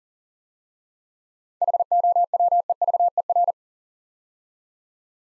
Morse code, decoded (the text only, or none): HOWEVER